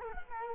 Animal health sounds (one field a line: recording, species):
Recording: mosquito wingbeat signal from an infrared sensor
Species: Culex quinquefasciatus